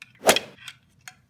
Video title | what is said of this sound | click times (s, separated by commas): Mini Cooper S Demon Eye Head Light Build | pops right out | 0.3 s